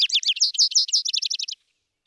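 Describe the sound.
Vesper sparrow song, ending part only: a quick, jumbled series of high chirping notes in a rapid trill that stops after about one and a half seconds.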